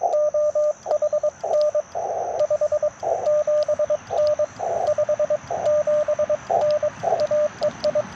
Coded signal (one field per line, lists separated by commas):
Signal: Morse code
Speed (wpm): 23 wpm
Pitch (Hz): 1200 Hz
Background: radio noise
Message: OHN 57N 57N AEI